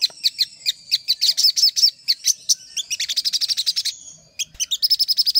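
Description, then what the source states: Little spiderhunter giving high, spaced chips that speed into a quick rattling trill, a short pause, then another fast run of sharp notes. Master recording used for training cage birds.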